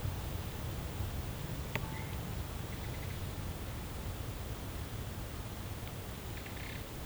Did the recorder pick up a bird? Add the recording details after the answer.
yes. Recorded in pastures near Puerto Asís, Putumayo, Colombia, on 19 March 2025 at 11:00. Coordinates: 0.472, -76.329. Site G074